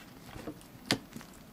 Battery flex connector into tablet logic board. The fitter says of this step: You hear that click? That means it's on.